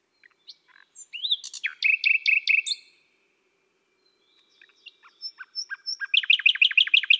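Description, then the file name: Common nightingale song of chattering notes and quick repeated chops, a short pause, then a series of sharp downslurred notes. "Rossignol philomele Chants doiseaux des bois et des forets"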